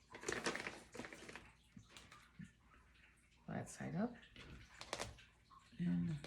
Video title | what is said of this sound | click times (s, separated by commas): How to load a UITC board with zip ties. | put them together till you hear one or two clicks | 0.3 s, 0.5 s